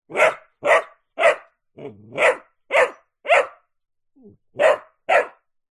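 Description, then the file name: Dog: puppy barking in short, sharp yaps, about eight in quick succession with brief gaps, one softer growly whine before a bark and a short pause near the end. Puppy several weeks old, Ridgeback crossed with Bullmastiff, barking. "zapsplat animals dog puppy"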